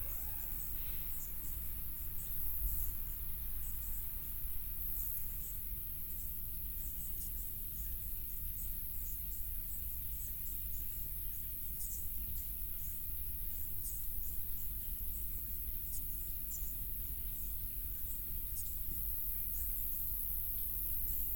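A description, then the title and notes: A summer field recording in the Italian countryside, filled with a dense, steady shimmer of crickets and insects chirring high up, with brief brighter flickers throughout. Beneath it runs a constant low rumble, like traffic or wind, and the level never changes. Summer stellar (unprocessed stereo field recording) Asti/Villa Deati, Montferrat, Italy.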